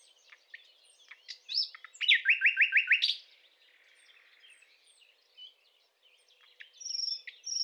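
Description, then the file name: Common nightingale singing: a loud bout of repeated descending chirps around two to three seconds in, followed by quieter scattered notes and a few high whistles. "Luscinia megarhynchos"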